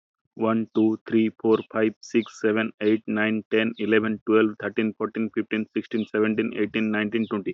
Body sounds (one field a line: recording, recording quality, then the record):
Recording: counting at a fast pace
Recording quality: excellent, no background noise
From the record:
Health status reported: healthy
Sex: male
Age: 26 years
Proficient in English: yes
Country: India